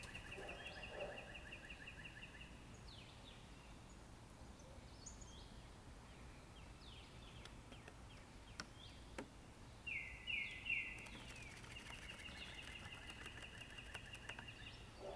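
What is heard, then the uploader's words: Birds call in the forest over a steady low rumble. A buzzy trilling song repeats at a fixed pitch near the start and again after about ten seconds, with brief chirps and faint clicks scattered between. The strongest calls come around ten to eleven seconds. The peaceful sound of birds in the forest.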